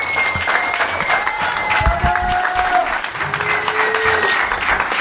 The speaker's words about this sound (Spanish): Todos ustedes, como dijeron nuestras compañeras, las mujeres autodefensa, para quien pido un fuerte aplauso esta mañana.